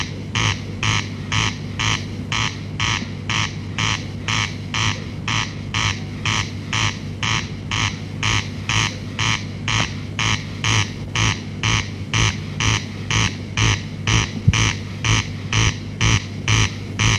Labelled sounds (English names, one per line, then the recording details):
Corn Crake song
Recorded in the wild
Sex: male
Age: adult
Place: Dobre Miasto, Warminsko-Mazurskie, PL
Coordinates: 54.04, 20.4844
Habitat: hollow within forest
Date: 1965-07-10 22:00
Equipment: Grundig TK 4, BG 20/6 - 19 cm/s
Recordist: Schubert, Michael